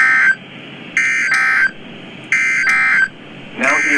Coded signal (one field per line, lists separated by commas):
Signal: Emergency Alert System (SAME) tones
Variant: end-of-message bursts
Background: speech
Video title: WHAT A WAY TO END THE YEAR | 12/29/21 - KEC65 & WNG676 Required Weekly Tests (EAS #329 & EAS #330)